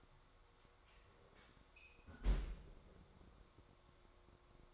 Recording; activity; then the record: daily activity, microphone in the room; close fridge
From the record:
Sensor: 3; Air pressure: 1004.6 hPa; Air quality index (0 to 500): 192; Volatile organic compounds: 13 ppm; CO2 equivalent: 2411 ppm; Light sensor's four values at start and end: 5/13/5/5 and 5/13/5/5